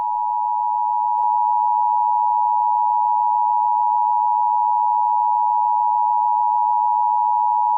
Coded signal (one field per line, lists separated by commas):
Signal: Emergency Alert System (SAME) tones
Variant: 853 and 960 Hz attention tone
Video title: Just a Normal Mini EAS Scenario